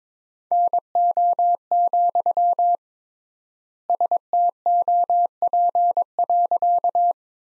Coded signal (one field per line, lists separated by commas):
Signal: Morse code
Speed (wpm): 22 wpm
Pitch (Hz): 700 Hz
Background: none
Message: NO, STOP.